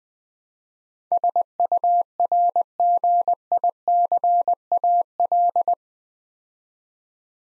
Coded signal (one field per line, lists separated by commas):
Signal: Morse code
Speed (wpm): 20 wpm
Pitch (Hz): 700 Hz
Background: none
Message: SURGICAL